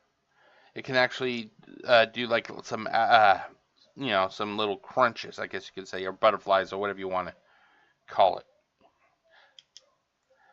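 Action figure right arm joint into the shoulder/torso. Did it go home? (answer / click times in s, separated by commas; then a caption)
yes / 9.6 s, 9.8 s. Someone talks while moving the right arm of a plastic Transformers Deluxe Class Barrage action figure back into its default position at the shoulder joint. The arm joint gives two short, sharp clicks at 9.6 s and 9.8 s as it seats securely back in place.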